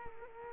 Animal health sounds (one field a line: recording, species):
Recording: mosquito wingbeat signal from an infrared sensor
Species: Culex quinquefasciatus